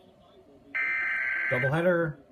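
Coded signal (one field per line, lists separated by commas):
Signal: Emergency Alert System (SAME) tones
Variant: header bursts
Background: speech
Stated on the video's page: Back-to-back Tornado Warning and Severe Thunderstorm Warning, captured from two stations, one on TV.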